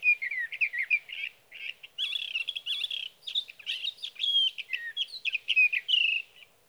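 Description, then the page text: Sage thrasher singing a long, nearly unbroken warble of rapid, varied whistled and buzzy notes, high-pitched and jumbled, with only a brief pause early on. Male singing at night near his roost, recorded over three nights from evening June 12 to morning June 15, 2018, Sierra Valley, California, with a Swift recorder. "Sage thrasher songs, through the night. from the evening of June 12 to the morning of June 15, 2018, in Sierra Valley, California"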